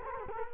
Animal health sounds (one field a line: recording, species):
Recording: mosquito wingbeat signal from an infrared sensor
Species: Culex quinquefasciatus